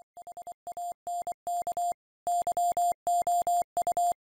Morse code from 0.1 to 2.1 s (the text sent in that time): HANK